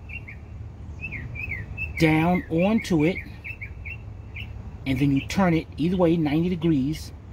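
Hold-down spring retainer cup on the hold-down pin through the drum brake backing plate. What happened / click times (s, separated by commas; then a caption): Handled, not yet home: the spring retainer has not locked / none. On a 1993 Ford Bronco 5.8 rear drum brake, a steel hold-down spring retainer cup is being handled on the hold-down pin through the backing plate, pushed down over the pin's arrowhead to be turned 90 degrees until it locks. Someone talks over steady background noise with bird chirps and brief sharp sounds near 0.3 and 3.6 seconds. The cup has not locked or seated yet.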